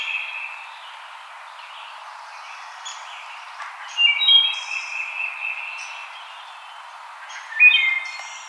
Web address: Wood Thrush 2007 05 05 Wood Thrush